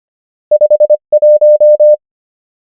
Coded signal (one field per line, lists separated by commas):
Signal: Morse code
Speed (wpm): 25 wpm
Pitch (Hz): 600 Hz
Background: none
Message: 5 1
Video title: morse code practice | 25wpm | 23fw | numbers | ENGLISH